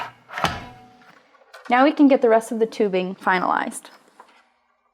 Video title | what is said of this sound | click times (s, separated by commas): Giới thiệu các bước cài đặt máy chuẩn độ điện thế đa năng Titroline 7000 hãng SI Analytical (Xylem) | so we'll line up the sides here and just push down at a 45 degree angle until you hear a click | 0.4 s